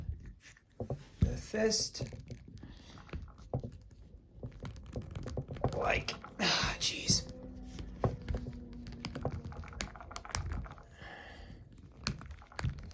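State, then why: Not seated. A plastic fist hand is being pushed onto the wrist peg of a McFarlane DC Multiverse Beast Boy action figure, with handling rustles, light taps and a few sharp ticks while someone talks. Nothing has seated or clicked yet; the clip ends just before the fist snaps home.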